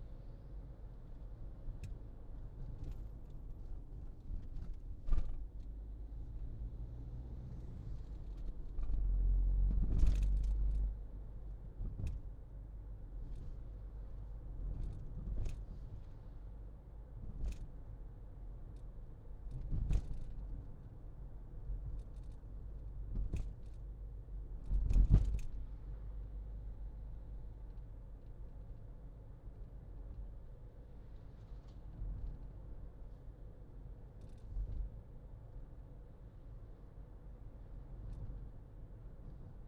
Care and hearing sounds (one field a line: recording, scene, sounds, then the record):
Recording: everyday scene through a hearing-aid microphone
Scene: in a vehicle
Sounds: engine, highway driving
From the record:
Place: Berlingo II, diesel engine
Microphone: in the ear canal, left